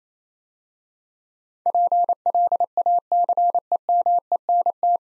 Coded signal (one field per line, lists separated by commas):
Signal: Morse code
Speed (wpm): 27 wpm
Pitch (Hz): 700 Hz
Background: none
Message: PLACEMENT